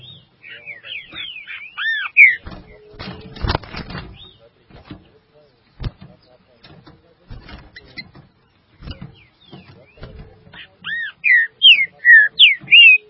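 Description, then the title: Green-winged saltator song: loud slurred whistled notes in a quick run at the start and again near the end, with scattered knocks and clattering noises between. "Trinca Ferro"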